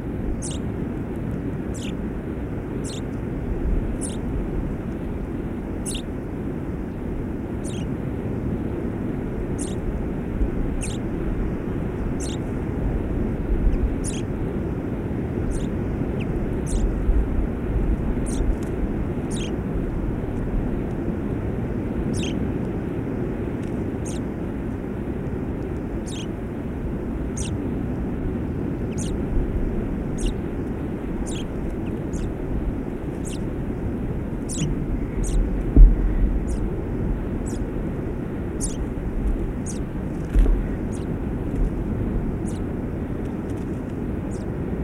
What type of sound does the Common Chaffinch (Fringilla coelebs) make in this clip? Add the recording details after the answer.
call. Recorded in the wild. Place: Schaabe, Insel Rügen, Mecklenburg-Vorpommern, DE. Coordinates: 54.578, 13.391. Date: 1970-05-17. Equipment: Nagra III BH, Sennheiser MD 21, parabola. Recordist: Schubert, Michael